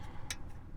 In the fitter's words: and then rotate it into place you'll hear it click